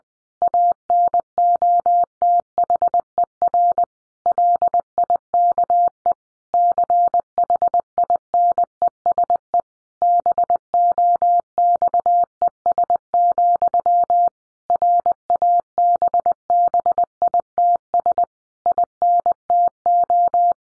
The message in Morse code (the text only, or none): ANOTHER LIKE CHINESE BOXES, RABBITS INTO